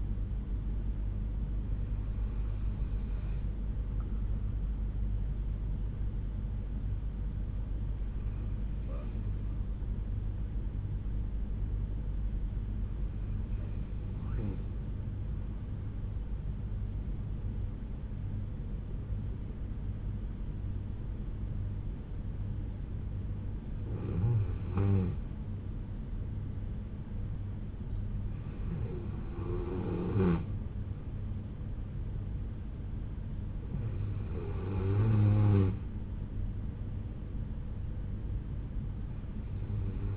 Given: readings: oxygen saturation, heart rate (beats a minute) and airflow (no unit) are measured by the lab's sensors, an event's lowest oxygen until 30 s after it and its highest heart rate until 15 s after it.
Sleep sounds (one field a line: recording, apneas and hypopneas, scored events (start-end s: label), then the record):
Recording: breathing in sleep by a smartphone at the bedside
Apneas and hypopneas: 1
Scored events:
8.00-29.10 s: hypopnea (N2, oxygen 96% highest, then 91% lowest, heart rate 61 at the start, 68 highest)
From the record:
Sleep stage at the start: N2 (light sleep)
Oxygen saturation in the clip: 91 to 96%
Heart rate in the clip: 61 to 72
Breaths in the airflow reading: 6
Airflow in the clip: -5.1 to 3.4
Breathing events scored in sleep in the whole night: 368 in 8.0 hours asleep